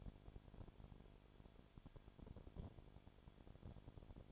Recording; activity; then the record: daily activity, microphone in the room; no activity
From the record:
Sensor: 5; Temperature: 20.2 degrees Celsius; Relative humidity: 36.5%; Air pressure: 1001.2 hPa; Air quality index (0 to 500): 176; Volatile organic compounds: 4 ppm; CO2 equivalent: 1607 ppm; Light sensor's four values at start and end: 2/3/1/1 and 2/3/1/1